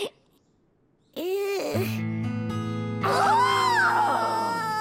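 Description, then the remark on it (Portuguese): A newborn baby cries in high, wavering wails that rise and fall, starting after a brief silence and growing louder toward the end, over a steady low droning tone. “A minha bebê. Pronto. Pronto, bebê.”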